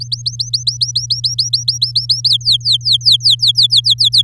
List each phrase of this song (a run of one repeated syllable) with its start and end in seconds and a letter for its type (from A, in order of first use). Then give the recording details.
0.00-2.29 A, 2.30-4.22 B. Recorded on 9 May 2018 at 13:41. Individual llb16